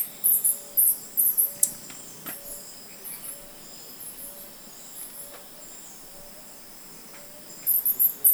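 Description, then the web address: Black jacobin giving very high, thin squeaky chips in quick clusters of two or three: a series in the first second and a half, a few fainter ones in the middle, and another burst near the end, over faint background hiss. "Black jacobin. صدای-پرنده-گلنوش-سیاه"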